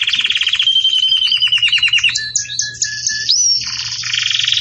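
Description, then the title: Belgian canary song: a pulsing trill, then varied whistled notes and a dense buzzy trill. Belgian canary song used for training chicks (encarte de filhotes); style described as campainha. "Belíssimo Canto Do Canário Belga Campainha Para Encarte De Filhotes"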